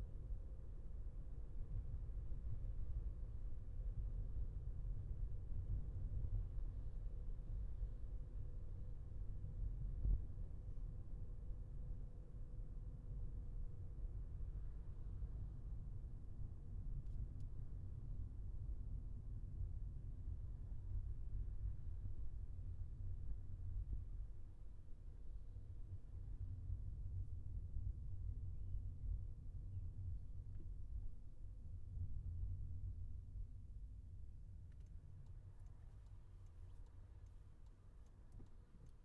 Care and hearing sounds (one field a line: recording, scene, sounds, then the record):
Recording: everyday scene through a hearing-aid microphone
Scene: in a vehicle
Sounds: engine, highway traffic jam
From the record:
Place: Skoda Fabia, gasoline engine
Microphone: behind the ear, left, rear